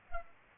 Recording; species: mosquito wingbeat signal from an infrared sensor; Culex pipiens